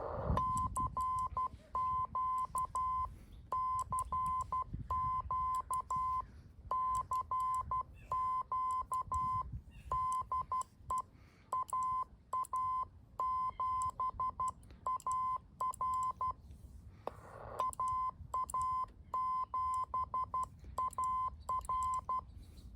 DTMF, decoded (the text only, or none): none